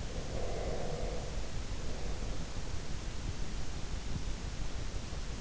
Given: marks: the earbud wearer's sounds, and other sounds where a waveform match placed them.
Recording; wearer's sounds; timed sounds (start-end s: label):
sounds in sleep by an in-ear microphone; breath
0.25-2.85 s: breath